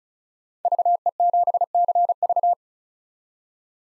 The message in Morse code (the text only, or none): VE7CV